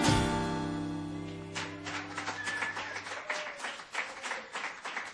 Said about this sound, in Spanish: Aplausos merecidísimos, pero merecidísimos, para una gran cantante